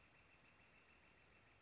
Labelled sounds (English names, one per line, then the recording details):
Northern Flicker
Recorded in Sonoma County, California